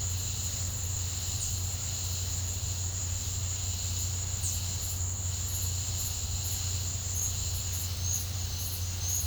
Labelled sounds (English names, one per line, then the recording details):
none
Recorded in pastures near Puerto Asís, Putumayo, Colombia, on 15 December 2024 at 10:30
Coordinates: 0.502, -76.324
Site G077